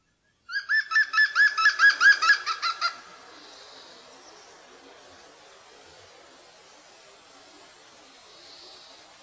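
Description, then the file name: European green woodpecker laughing call, a fast series of about eleven loud ringing notes over two and a half seconds, then faint hiss. "groennspett"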